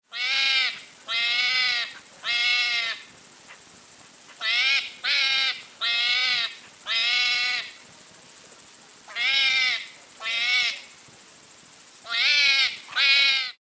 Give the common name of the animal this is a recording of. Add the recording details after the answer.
West European Hedgehog. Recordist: Tembrock, Günter. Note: Rufreihe